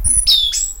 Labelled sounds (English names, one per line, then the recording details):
Stitchbird song
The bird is a male
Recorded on Tiritiri Matangi Island, New Zealand, in 2005
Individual 12, of nest box 16